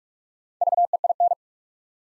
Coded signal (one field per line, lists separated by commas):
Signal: Morse code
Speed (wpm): 44 wpm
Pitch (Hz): 700 Hz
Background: none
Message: VEIN